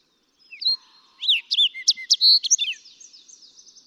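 Fox sparrow song, a musical run of clear whistles and quick slurred notes, followed by a faint high trill.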